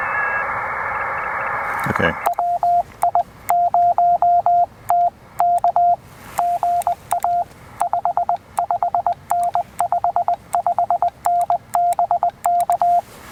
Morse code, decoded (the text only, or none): WI0T K GA 55N 55N BK